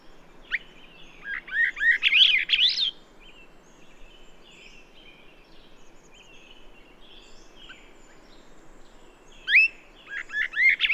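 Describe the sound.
Bird song: a rapid, warbling phrase of up-and-down notes, a long quiet gap with faint thin notes, then the phrase starting again.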